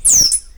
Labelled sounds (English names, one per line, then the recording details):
Stitchbird song
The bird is a male
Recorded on Tiritiri Matangi Island, New Zealand, in 2005
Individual 7, of nest box 9